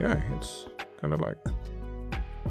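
A soldering tip is pushed into a portable soldering iron while someone talks over background music. No click is heard, and the tip has not seated yet.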